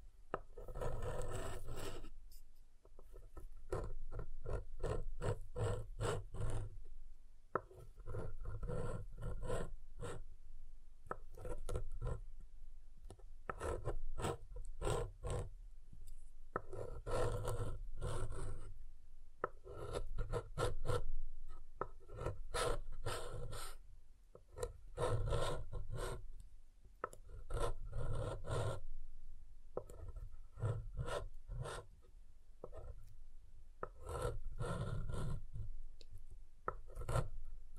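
Soap being carved and tapped, with quick, rough scraping strokes coming in dense runs that fill nearly the whole stretch. Short pauses break the rhythm every few seconds, around 2, 7, 16, 24 and 30 seconds, before the steady rasping resumes.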